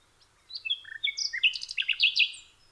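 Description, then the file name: Common nightingale song, a burst of varied whistled notes followed by quicker, denser phrases, lasting about two seconds. "nachtegaal"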